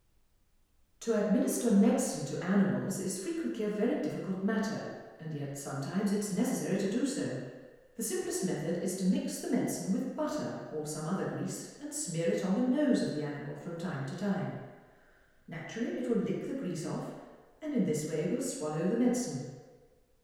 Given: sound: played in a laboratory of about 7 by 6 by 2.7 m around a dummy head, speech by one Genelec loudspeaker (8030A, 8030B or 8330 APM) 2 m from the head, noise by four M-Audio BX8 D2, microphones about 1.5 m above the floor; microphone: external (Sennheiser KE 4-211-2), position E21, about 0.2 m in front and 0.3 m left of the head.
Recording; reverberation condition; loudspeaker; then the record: female speech in English; high; 90 degrees to the right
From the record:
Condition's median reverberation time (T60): about 1300 ms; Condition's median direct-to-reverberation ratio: about -4.0 dB